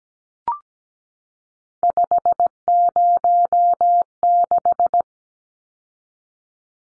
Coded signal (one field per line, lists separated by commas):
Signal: Morse code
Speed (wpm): 17 wpm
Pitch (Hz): 700 Hz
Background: none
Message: 506